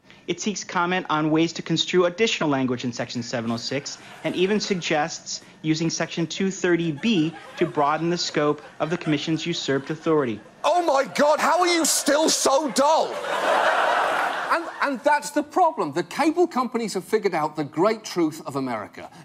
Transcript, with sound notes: It seeks comment on ways to construe additional language in section 706 and even suggests using section 230B to broaden the scope of the commission's usurped authority.
Oh, my God. How are you still so dull?
(LAUGHTER)
And that's the problem. The cable companies have figured out the great truth of America.